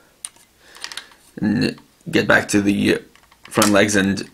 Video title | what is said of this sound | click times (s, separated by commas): DX WizarDragon & Machine Winger Review | and then snap them together like so | 0.2 s